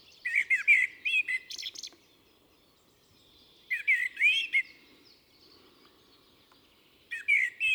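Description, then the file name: Common blackbird singing short phrases of mellow whistled notes followed by squeaky high twitters, in three bursts separated by pauses. "Turdus merula"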